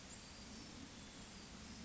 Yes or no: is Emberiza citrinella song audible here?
no